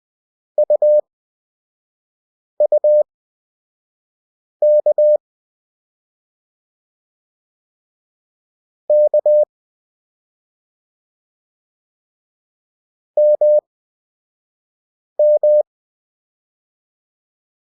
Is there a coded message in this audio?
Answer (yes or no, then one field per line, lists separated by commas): yes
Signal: Morse code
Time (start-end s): 0.6-15.6 s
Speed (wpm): 20 wpm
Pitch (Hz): 600 Hz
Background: none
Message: UUK K MM